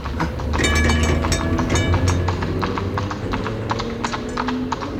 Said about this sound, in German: Der Wagen überholte eine erste Straßenbahn, in der ein paar Leute im Arbeitsanzug saßen